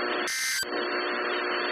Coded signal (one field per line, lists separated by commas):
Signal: Emergency Alert System (SAME) tones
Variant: end-of-message bursts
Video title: Tornado Warning For East Central Illinois (EAS 27-28) 1/3/23